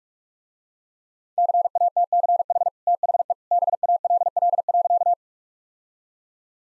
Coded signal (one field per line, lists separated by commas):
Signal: Morse code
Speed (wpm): 46 wpm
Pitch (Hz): 700 Hz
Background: none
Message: CATCH THE BALL.